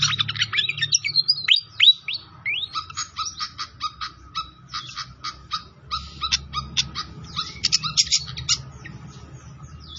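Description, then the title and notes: Pied fantail song: rapid twittering chirps and short whistled slurs in an uneven run, over a faint low hum. Masteran (training song for cage birds) of clear-voiced song, mixed with the sound of trickling water. "Masteran Sikatan Kipas Suara Jernih Dan Suara Gemericik Air. Suara Burung Sikatan Londo"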